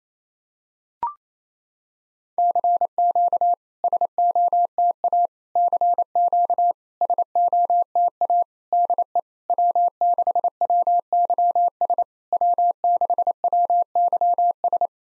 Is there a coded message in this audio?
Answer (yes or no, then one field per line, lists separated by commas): yes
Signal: Morse code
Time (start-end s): 2.4-14.9 s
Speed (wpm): 28 wpm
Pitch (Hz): 700 Hz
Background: none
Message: CQ SOTA CQ SOTA DE W6WYS W6WYS